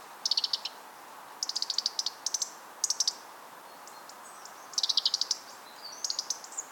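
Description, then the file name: European robin giving rapid, high-pitched ticking calls in several short bursts, each a fast train of dry clicks, separated by brief pauses, with faint background hiss. "Erithacus rubecula"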